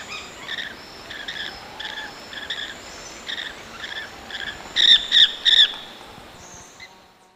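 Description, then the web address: Blue-fronted parrotlets giving a run of short calls, then three louder calls in a quick burst, with a steady high drone behind. Ecuador. "Birds of Ecuador. Blue-fronted Parrotlet"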